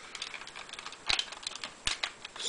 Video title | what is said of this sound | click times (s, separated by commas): GFF Psycho Gundam - www.hobbyforever.fr | l'espace libéré, et le bras va lui-même venir se clipser sur le clip du bouclier. Voilà. | 1.9 s